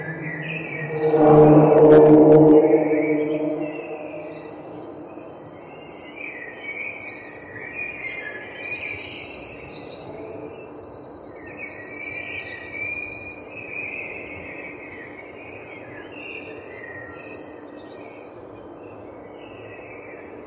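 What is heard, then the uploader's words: A dawn chorus of birds fills the clip with overlapping chirps, trills and rapid warbled phrases, high and bright, busiest between about 6 and 13 seconds. Near the start, around 1 to 3 seconds, a low humming swell rises and fades beneath the birdsong. The enchanting dawn chorus of birds. London Dawn Chorus.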